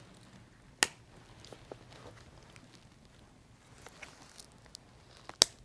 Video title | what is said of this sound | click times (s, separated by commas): Breg T Scope Premier Knee Brace at DME-Direct.com | sure to push these clips all the way down until you hear a click, which will mean it is now locked. | 0.8 s, 5.4 s